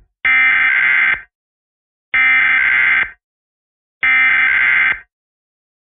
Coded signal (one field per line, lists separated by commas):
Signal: Emergency Alert System (SAME) tones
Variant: header bursts